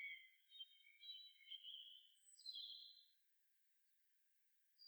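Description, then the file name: Common blackbird giving a quiet, warbling phrase of varied whistled notes, then silence. "Turdus merula"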